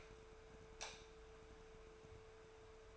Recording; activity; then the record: daily activity, microphone in the room; light off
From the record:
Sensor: 2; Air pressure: 1014.6 hPa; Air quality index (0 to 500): 184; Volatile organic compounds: 14 ppm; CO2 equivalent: 2436 ppm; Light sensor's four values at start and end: 34/88/37/40 and 29/70/31/34